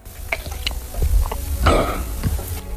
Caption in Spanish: Tragar saliva. A ver cómo es el sonido de tragar saliva de este hombre.